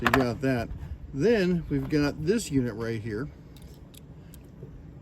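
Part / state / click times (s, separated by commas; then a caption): ratchet bit driver attachment into driver handle/holder / not seated / none. Someone talks while handling a ratchet bit driver attachment meant to snap into its driver handle/holder, followed by quieter handling with a few faint sharp ticks near 3.6, 4.0 and 4.3 seconds. The attachment has not yet snapped into the holder; nothing has seated or clicked yet.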